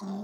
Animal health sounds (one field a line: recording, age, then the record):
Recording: pig call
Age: piglet (1 to 25 days)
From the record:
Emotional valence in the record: negative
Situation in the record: short isolation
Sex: female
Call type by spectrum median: low-frequency call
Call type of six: low-frequency modulated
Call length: 0.25 s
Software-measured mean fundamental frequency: 49 Hz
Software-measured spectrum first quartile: 199 Hz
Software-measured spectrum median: 286 Hz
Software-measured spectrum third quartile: 834 Hz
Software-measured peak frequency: 208 Hz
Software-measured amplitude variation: 65 dB a second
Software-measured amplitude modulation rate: 26.2 a second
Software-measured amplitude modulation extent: 2.5 dB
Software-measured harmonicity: 9.5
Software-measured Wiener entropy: -0.91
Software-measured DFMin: 1115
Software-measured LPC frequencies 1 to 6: 3583, 4685, 5626, 6554, 7509, 8454 Hz